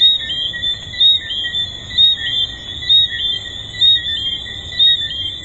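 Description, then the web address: Tree frog chorus: a sustained shrill drone punctuated by louder short chirps repeating about once every second. At a resort. "Hedonism II tree frogs"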